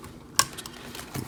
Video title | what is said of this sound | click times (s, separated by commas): Video Review: Transformers Earthrise - Voyager QUINTESSON JUDGE | make sure they snap into place | 0.4 s